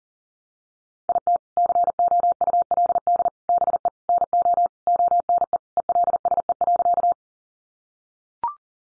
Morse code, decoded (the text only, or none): IT COULD BE NO ONE ELSE.